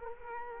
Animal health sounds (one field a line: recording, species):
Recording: mosquito wingbeat signal from an infrared sensor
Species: Culex quinquefasciatus